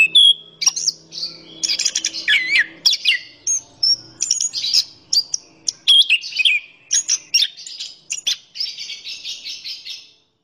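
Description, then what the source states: Orange-headed thrush song of rich whistled and chattering phrases that rise and fall, ending in a dry buzzy trill. A faint low hum sits under the first few seconds. Local name anis kembang; described as gacor, a keepers' term for a bird singing vigorously.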